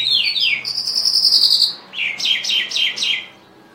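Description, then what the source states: Bimaculated lark song of high slurred notes and a long buzzy trill, followed by several quick descending notes. Recorded in Afghanistan.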